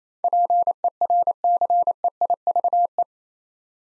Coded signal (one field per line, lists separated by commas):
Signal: Morse code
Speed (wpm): 29 wpm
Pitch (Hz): 700 Hz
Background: none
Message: PERCEIVE